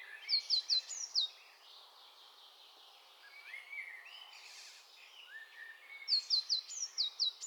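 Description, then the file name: Eurasian blue tit calling, rapid strings of high descending notes at the start and end, with lower warbling in between. "Cyanistes caeruleus"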